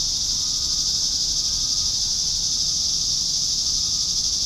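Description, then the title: Cicadas droning in a steady, unbroken high-pitched hiss, with a faint low rumble beneath and a thin steady tone briefly audible. "neoscenes: cicadas"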